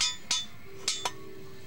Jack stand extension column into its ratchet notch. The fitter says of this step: Clicks in place make sure to set these notches here